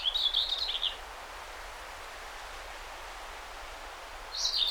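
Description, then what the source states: Common whitethroat song: one scratchy warbling phrase at the start and the beginning of another near the end, with steady hiss between. Recorded 20 May 2009.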